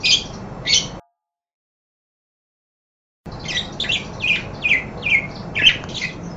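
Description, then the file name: Parakeet calls, two sharp chirps, a pause of silence, then a quick run of squawky chirping notes. "suara burung parkit. omkicau"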